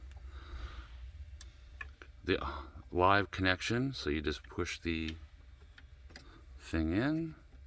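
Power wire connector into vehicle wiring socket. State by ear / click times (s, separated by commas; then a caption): not seated / none. Someone talks while handling the live (power) wire connector, getting ready to push it into its socket in the truck cab wiring for a GPS lockbox install. Faint short ticks of handling are heard around 1.4, 1.8, 2.0, 5.8 and 6.2 seconds. The connector has not snapped into place yet, and nothing has seated or clicked.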